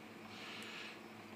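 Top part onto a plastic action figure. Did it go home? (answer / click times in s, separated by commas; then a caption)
no / none. A top part is being fitted and pressed onto a plastic Gundam Infinity Series XXXG-01D Gundam Deathscythe action figure. Only a steady, soft hiss of handling is heard, with no distinct sharp sounds. Nothing has seated or clicked yet.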